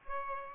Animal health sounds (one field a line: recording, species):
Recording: mosquito wingbeat signal from an infrared sensor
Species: Aedes aegypti